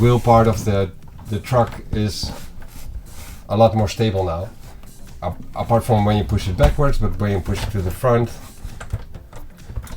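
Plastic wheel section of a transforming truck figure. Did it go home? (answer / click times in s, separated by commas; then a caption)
no / none. Someone talks while pushing the plastic wheel section of a DX9 Transformers Menasor (Motormaster trailer) transforming robot truck figure forward to lock it, with faint brief knocks near 8.8 and 9.2 seconds. Nothing has clicked into place; the wheel section only sort of lines up with the other wheels.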